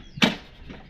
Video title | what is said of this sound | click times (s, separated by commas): How good is a Stihl RM655 RS petrol 21" professional lawnmower? | to let go that you hear that click and | 0.2 s